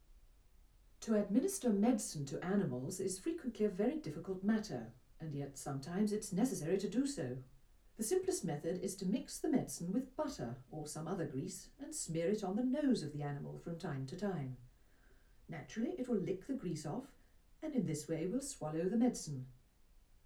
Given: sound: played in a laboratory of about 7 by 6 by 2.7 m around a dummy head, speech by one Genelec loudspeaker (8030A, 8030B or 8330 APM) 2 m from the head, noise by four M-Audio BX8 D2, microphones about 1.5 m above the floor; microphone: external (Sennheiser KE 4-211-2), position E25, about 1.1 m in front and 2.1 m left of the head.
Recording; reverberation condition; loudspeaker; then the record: female speech in English; low; behind (180 degrees)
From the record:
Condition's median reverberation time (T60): about 310 ms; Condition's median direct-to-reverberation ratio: about 3.5 dB